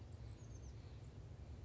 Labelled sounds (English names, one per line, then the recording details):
Oak Titmouse
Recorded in Sonoma County, California